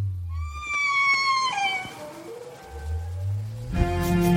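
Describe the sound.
Humpback whale song: clear descending whistled tones with harmonics, deep low rumbling units beneath, then a louder harmonic tone at the end.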